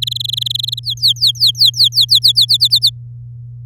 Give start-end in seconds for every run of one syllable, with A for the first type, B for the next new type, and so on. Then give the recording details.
0.02-0.80 A, 0.83-2.19 B, 2.22-2.90 C. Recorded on 10 May 2018 at 11:39. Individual llb16